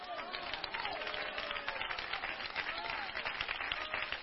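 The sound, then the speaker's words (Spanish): An audience applauds steadily for the mayor of Alejandría for the whole stretch, a dense, even wash of clapping with cheering voices rising through it now and then. “Hermano, ese aplauso es para el alcalde de Alejandría, ¿verdad?”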